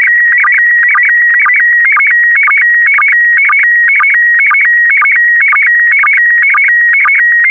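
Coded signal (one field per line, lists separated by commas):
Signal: SSTV (slow-scan television)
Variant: PD120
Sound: steady warbling tone in repeating half-second lines, each starting with a low blip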